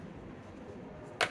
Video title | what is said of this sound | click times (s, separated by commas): 2008-2020 Dodge Grand Caravan - Combination Switch Replacement | and then just be able to snap this clamshell top | 1.2 s